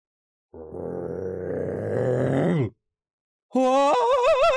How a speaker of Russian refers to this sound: Ужасно громко храпит!